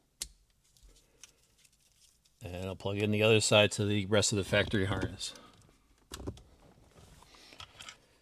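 A new ManGoal 4K front/1080P rear dash cam kit wiring harness plug is pushed into the factory harness connector at the mirror of a 5th gen Chevy Blazer, giving one sharp click at 0.2 s as it seats, followed by a few faint ticks. Someone then talks, and more light handling clicks follow near the end.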